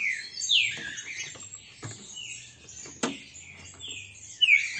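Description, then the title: Green-winged saltator song: a few bright whistled slurred notes at the start and end, separated by a quieter stretch with scattered clicks and faint chirps. Song type labelled 'Voz 08'; the bird is described as a strong singer, 'peito de aço'. "Canto De Trinca Ferro Voz 08. ESSE CANTA FORTE, Trinca ferro PEITO DE AÇO"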